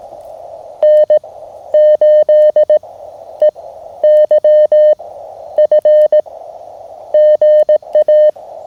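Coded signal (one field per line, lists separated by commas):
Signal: Morse code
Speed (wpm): 18 wpm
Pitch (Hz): 590 Hz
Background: none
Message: N8EYF GA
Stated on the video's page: Morse sent from an MTR radio on a field Parks on the Air activation, using an end-fed half-wave antenna.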